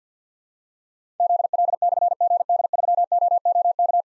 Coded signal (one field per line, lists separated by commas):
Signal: Morse code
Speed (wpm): 46 wpm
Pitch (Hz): 700 Hz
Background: none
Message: ZL/GD3OOK